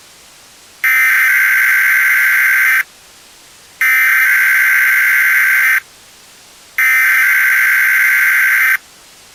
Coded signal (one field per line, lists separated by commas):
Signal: Emergency Alert System (SAME) tones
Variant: header bursts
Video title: EAS Scenario 3 - Energy In Motion